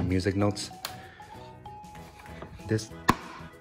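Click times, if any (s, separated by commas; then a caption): 3.1 s. Someone talks over background music while the fold-up music rest (sheet holder) on a LAGRIMA digital piano is raised upright. A sharp knock at 3.1 s is heard as the rest locks into place.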